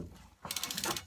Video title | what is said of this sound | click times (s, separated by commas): Episode 15: Plumbing | and I'm squeezing it all the way tight until it clicks to the end. And now it's officially crimped. | 1.0 s